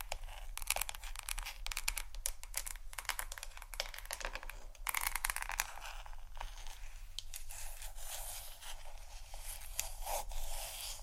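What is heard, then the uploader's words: Hair being brushed and combed, with quick, dense bristly scratches sweeping through the whole stretch in fast bursts. The strokes are bright and crackly, with slightly stronger runs around the second and fifth seconds, over a steady low hum underneath. ASMR Hair Brush & Comb Sounds （No Talking）.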